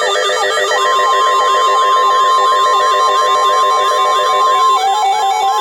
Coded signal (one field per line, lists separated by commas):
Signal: Emergency Alert System (SAME) tones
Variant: 1050 Hz attention tone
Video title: T'was The Night Before Destructive Storms… EAS Alerts from 6/26-27/24 (EAS 12100-12161)